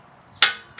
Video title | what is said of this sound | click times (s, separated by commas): RITFIT 2-IN-1 LEG PRESS & HACK SQUAT MACHINE REVIEW **FULL REVIEW & LEG WORKOUT** | Right there, it clicked. So the pin went in the hole. | 0.4 s